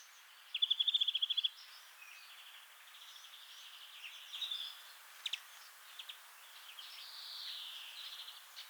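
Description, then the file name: European greenfinch calls: a quick rattled series of sharp notes near the start, then scattered chirps and a drawn-out wheezy buzzing note toward the end, over steady background hiss. "Chloris chloris"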